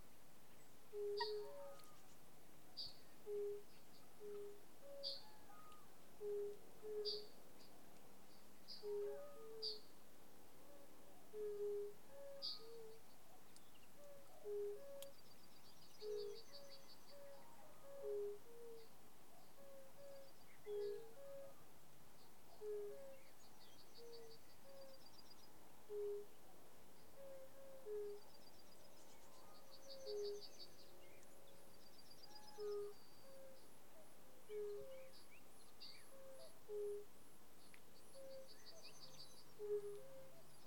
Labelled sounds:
Fire-Bellied Toad (Bombina bombina) call

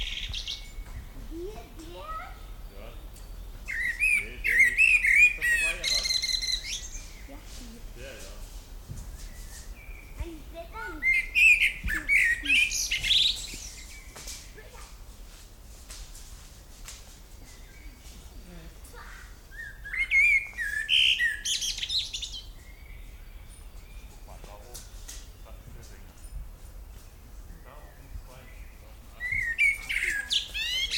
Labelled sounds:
Common Blackbird (Turdus merula) song

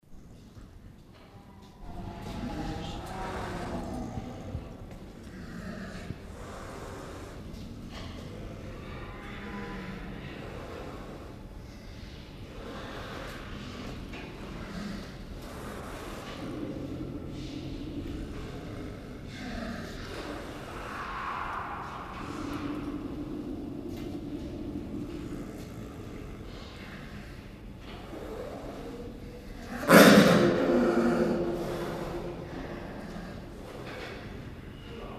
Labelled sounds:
Snow Leopard (Uncia uncia) growling

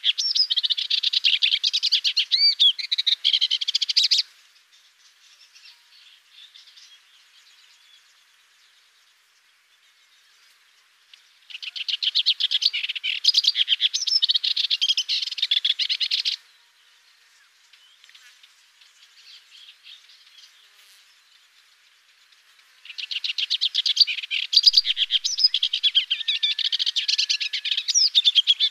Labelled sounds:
Sykes's Warbler (Iduna rama) song

